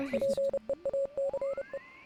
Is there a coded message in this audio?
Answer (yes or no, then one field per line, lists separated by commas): yes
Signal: Morse code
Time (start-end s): 0.1-1.8 s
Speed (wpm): 30 wpm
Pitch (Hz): 550 Hz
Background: music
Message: PEACE